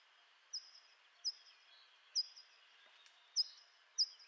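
Hawfinch uttering abrupt, metallic 'tzik' notes at slightly uneven intervals about a second apart, against a low steady hiss.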